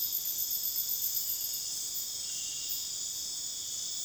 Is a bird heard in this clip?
no